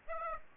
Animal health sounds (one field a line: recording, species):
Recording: mosquito wingbeat signal from an infrared sensor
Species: Aedes aegypti